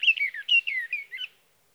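Sage thrasher song burst of quick, downslurred whistled phrases, lively and uneven, stopping after about a second and a half.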